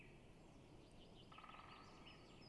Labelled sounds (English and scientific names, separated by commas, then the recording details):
Great Spotted Woodpecker (Dendrocopos major)
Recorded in Germany
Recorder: ecoPi